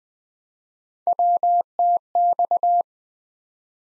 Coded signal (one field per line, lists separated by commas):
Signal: Morse code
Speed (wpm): 20 wpm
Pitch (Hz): 700 Hz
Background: none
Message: WTX